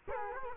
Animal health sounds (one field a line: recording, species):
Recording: mosquito wingbeat signal from an infrared sensor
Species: Culex quinquefasciatus